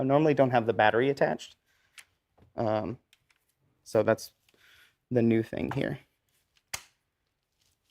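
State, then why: Seated. A camera with its battery attached is put back onto its tripod quick-release mount and seats with a sharp click at 6.7 s. Someone talks over most of the clip.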